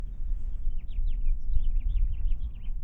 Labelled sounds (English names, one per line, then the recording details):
House Finch song
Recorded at Neponsit on Long Island, New York, on 4 June 1975
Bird G